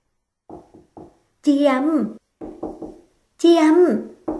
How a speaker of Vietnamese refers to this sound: Nghiên Hy ở bên ngoài đợi hơn 10 phút, thấy cô còn chưa ra, lo lắng gõ cửa.